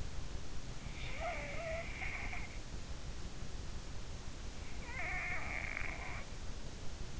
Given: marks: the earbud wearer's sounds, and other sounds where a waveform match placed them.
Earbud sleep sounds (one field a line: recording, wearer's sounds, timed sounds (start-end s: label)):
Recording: sounds in sleep by an in-ear microphone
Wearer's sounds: snoring breath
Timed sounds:
0.91-2.54 s: snoring breath
4.92-6.55 s: snoring breath